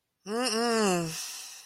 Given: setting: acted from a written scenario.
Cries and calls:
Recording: vocal sound without words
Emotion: guilt

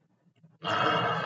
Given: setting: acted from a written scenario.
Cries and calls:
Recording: vocal sound without words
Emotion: ecstasy

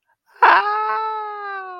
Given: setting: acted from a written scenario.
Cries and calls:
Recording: vocal sound without words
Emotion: positive surprise

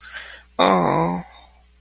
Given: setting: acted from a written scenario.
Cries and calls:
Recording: vocal sound without words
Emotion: distress

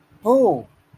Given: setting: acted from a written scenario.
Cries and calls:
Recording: vocal sound without words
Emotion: negative surprise

